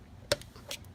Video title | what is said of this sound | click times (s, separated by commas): 944 Life Ep 8: How to Change the Distributor Cap and Rotor | make sure they click in place of course | 0.3 s